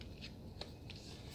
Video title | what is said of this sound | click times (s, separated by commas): Power Drill Basics | hear click you want in there good and tight | 0.6 s